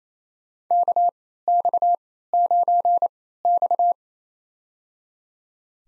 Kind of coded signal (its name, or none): Morse code